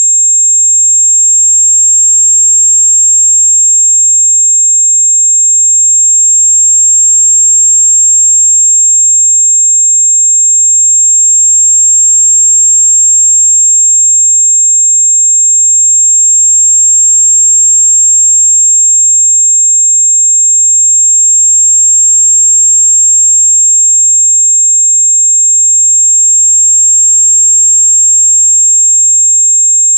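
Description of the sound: A single steady, very high-pitched pure tone near 7500 Hz holds unchanged for the full thirty seconds, with no other sound: a simulated ringing in the ears, like tinnitus.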